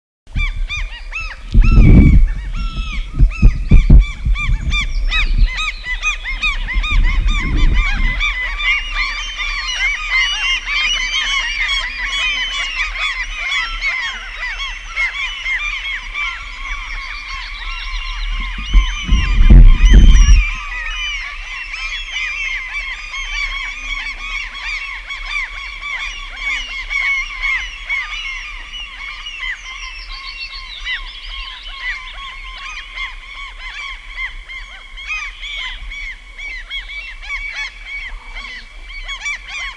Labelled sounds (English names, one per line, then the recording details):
Common Gull call
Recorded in the wild
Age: adult
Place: Halbinsel Kindo, Karelien, RU
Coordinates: 66.5356, 33.0611
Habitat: upland moor
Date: 1994-06-24
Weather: cloudy, 15°C
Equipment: Sony TCD-D3, Sennheiser ME 80, K 30 AV (I), Windschutz
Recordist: Frommolt, Karl-Heinz